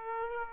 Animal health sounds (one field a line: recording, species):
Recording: mosquito wingbeat signal from an infrared sensor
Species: Aedes aegypti